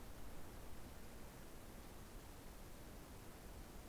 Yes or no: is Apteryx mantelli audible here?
no